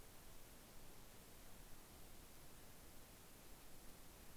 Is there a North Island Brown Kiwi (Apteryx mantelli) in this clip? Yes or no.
no